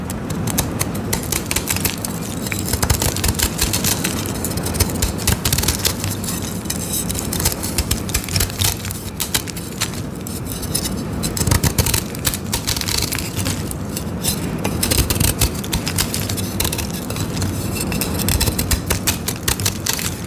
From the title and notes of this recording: Shaving dyed gym chalk blocks. ASMR Shaving green dyed gym chalk and shards sandwich crush.